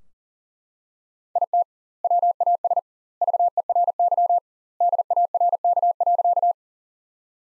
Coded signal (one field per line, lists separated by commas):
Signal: Morse code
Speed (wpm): 40 wpm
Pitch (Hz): 700 Hz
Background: none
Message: IT WAS VERY DARK.